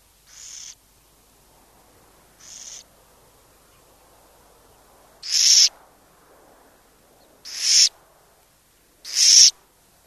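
Burrowing owl uttering five short, breathy rasps at uneven intervals, the first two softer and the last three louder and harsher.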